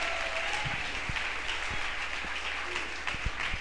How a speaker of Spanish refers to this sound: Dale un fuerte aplauso a Él.